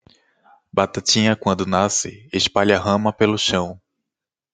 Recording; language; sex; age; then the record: short text; Brazilian Portuguese; male; 30 to 39 years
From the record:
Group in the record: control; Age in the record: 32 years